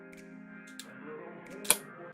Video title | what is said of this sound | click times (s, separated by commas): LIVE - Lets build PC #20 | push down here click push down click again | 0.8 s, 1.7 s